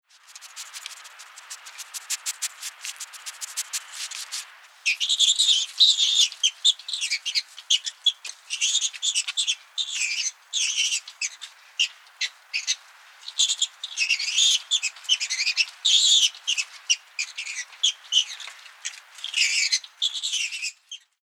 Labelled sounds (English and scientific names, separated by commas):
Striped Skunk (Mephitis mephitis)